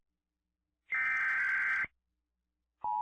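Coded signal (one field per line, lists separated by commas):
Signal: Emergency Alert System (SAME) tones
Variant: header bursts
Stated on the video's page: Made-up EAS scenario, a simulated dust storm alert.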